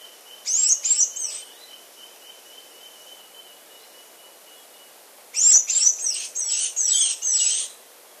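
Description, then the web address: Blue-winged mountain tanager calls: two bursts of high, thin, chattering notes several seconds apart, with a faint steady whine in between. Recorded in Ecuador. "Birds of Ecuador. Blue-winged Mountain-Tanager"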